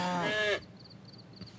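A single loud, bawling cow moo with a rich harmonic tone that slides downward before cutting off, leaving a quiet stretch with faint, high chirping in the background.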